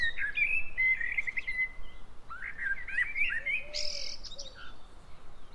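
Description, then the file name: Common blackbird gives fluid whistled phrases with sliding notes, ending in a brighter burst of higher chirps, over a constant low rumble. "Turdus merula"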